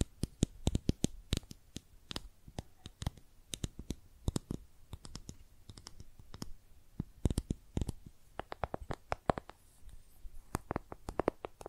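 Makeup tapping and scratching: quick, sharp taps fall in irregular clusters, several per second, some crisp and bright, others softer. Between the taps there is a faint scratchy rustle over a quiet background, with slightly louder bursts around seven and nine seconds.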